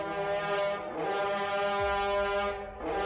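Long, loud blasts of horn trumpets, blown skyward by men on both sides of a ritual altar in the misty early morning and echoing across mountains and forest, a rich droning tone full of stacked harmonics, sounding in overlapping waves with brief dips between them and no voices.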